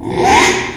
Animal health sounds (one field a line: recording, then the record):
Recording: squeal of a Yucatan mini pig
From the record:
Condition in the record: after surgery on the right vocal fold (resection and tissue-engineered implant)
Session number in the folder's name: 3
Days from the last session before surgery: 33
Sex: male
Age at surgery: 12 weeks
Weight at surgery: 13 kg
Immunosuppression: cyclosporine, prednisolone